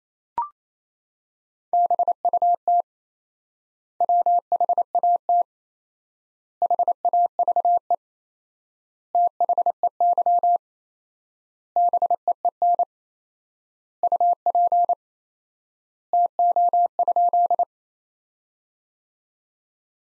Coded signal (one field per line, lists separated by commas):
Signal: Morse code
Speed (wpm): 28 wpm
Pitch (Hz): 700 Hz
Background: none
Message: BUT WHAT HAVE THEY BEEN UP TO?